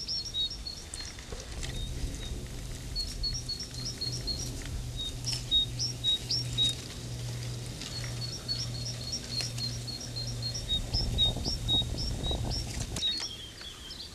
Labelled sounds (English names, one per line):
Great Tit song